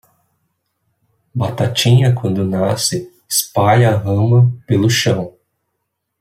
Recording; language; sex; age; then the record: short text; Brazilian Portuguese; male; 20 to 29 years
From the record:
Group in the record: control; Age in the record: 23 years